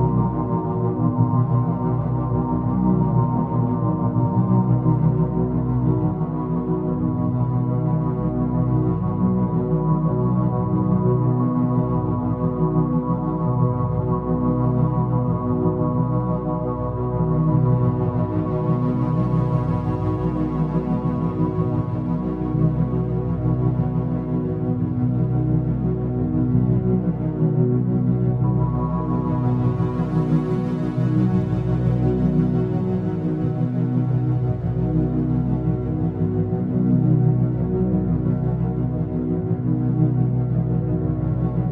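Binaural beats hum as a steady stack of low tones, with soft hiss swelling brightly around nineteen and thirty seconds before fading.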